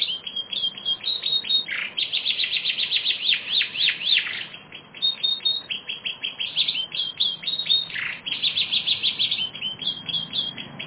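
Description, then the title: Canary singing steady rapid trills and rattling rolls, with a couple of sweeping slurred notes between phrases. "kenarijos"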